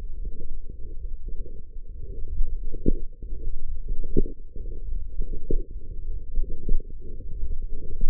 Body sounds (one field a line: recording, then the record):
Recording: forearm muscle sounds (acoustic myography)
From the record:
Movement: forearm supination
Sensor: system 1, eight BSWA MPA416 microphones around the upper forearm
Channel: 6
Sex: male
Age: 23 years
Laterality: right